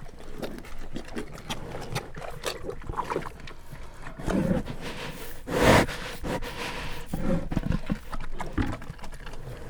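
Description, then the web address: Brown bear eating, busy crunching and slurping chews broken by a strong snuffling exhale midway, then more irregular chomping. Captive brown bears eating at a zoo in Jászberény, Hungary, in 2016, recorded with the microphone placed in front of the bears' noses. "jaszberenyizoo 2016 professzionalis barnamedve"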